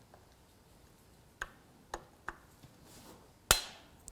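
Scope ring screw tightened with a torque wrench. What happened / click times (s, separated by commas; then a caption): The torque wrench clicked at its set torque on the final screw / 3.5 s. A torque wrench finishes tightening the last of the remaining scope ring screws on a scope mount, giving a few soft ticks at about 1.4, 1.9 and 2.3 seconds. A sharp, loud click at 3.5 seconds marks the wrench reaching torque on the final screw.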